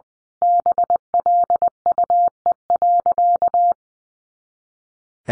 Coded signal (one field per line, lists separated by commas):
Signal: Morse code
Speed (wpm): 20 wpm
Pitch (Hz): 700 Hz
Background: none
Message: BLUE.